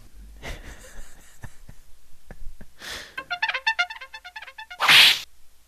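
A whip crack sound effect: a few swishing, hissy bursts and a brief stretch of a tonal, voice-like sound, ending in one loud, sharp crack with a bright, hissing snap.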